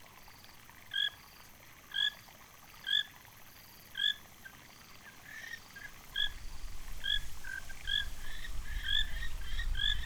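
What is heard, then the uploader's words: A frog calls in short, bright chirps, roughly once a second at a steady pace, each with a clear doubled tone. From about six seconds a low rumble rises underneath, and the calls come closer together toward the end, with fainter chirps in between. Sonic Mmabolela 2018. Mmabolela Reserve, Limpopo, South Africa.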